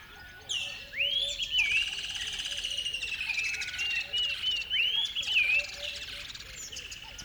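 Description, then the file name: Overlapping birdsong with clear upward-sweeping whistles, chattering trills and a steady series of low chirps underneath. River bed at dawn; a noisy chorus of many birds. "river bed dawn birds bedlam"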